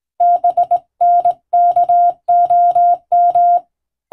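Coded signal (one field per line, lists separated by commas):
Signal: Morse code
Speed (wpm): 20 wpm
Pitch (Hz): 700 Hz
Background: none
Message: BNKOM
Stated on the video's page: Morse radio telegram in European-language code groups, sent with a vertical straight key, as receiving practice in the style of ship-to-coast-station telegraphy.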